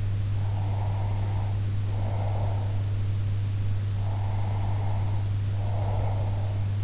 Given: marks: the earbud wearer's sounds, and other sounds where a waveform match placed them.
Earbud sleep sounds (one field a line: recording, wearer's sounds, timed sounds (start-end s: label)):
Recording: sounds in sleep by an in-ear microphone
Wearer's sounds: breath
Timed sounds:
0.37-2.83 s: breath
3.97-6.66 s: breath